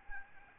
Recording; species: mosquito wingbeat signal from an infrared sensor; Aedes albopictus